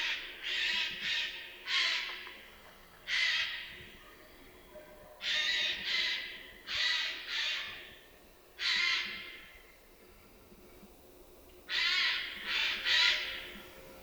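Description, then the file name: Eurasian Jay uttering loud, grating screech calls in bursts of one to three, separated by pauses of one to three seconds. "Garrulus glandarius"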